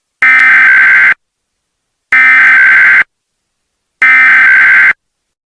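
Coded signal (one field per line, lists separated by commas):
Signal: Emergency Alert System (SAME) tones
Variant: header bursts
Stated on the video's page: Mock recreation of the 2021 National Periodic EAS Test.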